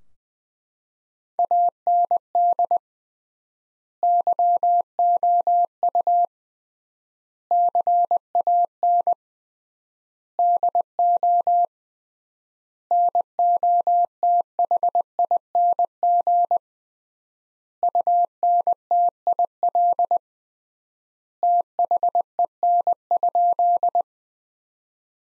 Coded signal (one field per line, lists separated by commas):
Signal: Morse code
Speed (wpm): 20 wpm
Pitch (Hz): 700 Hz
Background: none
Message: AND YOU CAN DO NOTHING UNTIL THEN?